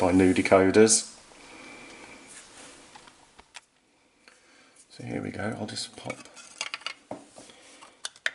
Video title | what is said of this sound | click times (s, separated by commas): Hornby Edward Comparison R9232 & R9289 Thomas and Friends | you can hear that click into place | 8.1 s, 8.3 s